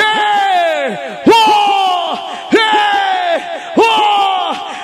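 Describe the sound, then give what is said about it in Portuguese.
A crowd at a live DJ party in Marituba raises their hands and yells together in loud, sustained bursts, four in all, each starting with a sharp rise and then sliding down in pitch, repeating roughly every second and a quarter. “Eu quero que todo mundo levante a mão e grita assim, ó.”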